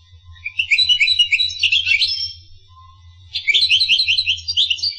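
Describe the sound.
Finch song: two quick runs of high, bubbling chirps and trills over a faint low hum.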